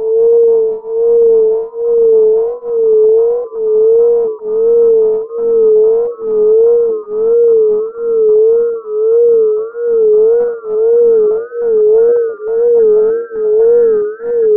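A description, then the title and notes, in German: A steady mid-pitched tone wavers slightly in pitch while its loudness pulses evenly, swelling and dipping about every three-quarters of a second throughout. Frequenztöne.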